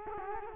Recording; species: mosquito wingbeat signal from an infrared sensor; Culex quinquefasciatus